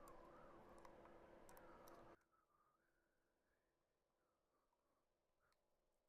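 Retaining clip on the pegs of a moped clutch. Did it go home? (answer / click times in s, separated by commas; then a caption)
yes / 1.5 s. A retaining clip is pressed onto the pegs of the clutch on a Garelli Eureka Flex moped with a NOI motor, its cutouts lining up with the pegs. Over a steady background noise that drops away suddenly at about 2.1 s, a sharp tick is heard at 0.9 s, and the clip clicks into place at 1.5 s. The clip is seated and held firmly so it cannot come loose and damage the motor.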